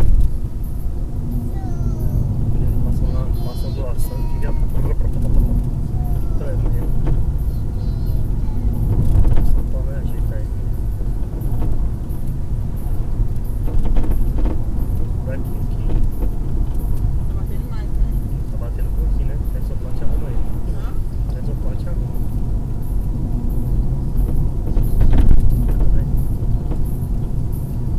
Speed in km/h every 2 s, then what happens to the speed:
63, 65, 67, 69, 72, 74, 77, 76, 74, 72, 70, 68, 66, 65.
0-12 speeds up to 77. 12-28 slows to 65.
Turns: none.